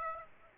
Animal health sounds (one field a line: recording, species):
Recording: mosquito wingbeat signal from an infrared sensor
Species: Aedes aegypti